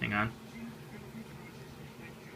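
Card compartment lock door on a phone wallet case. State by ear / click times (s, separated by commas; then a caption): not seated / none. Someone talks briefly while handling the card-compartment lock door on an OtterBox Commuter Wallet phone case, holding it close before snapping it shut. Nothing has clicked or locked yet.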